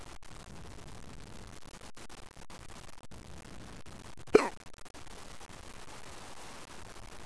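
An adult's single sharp, brief hiccup over quiet background noise; the hiccups are getting worse.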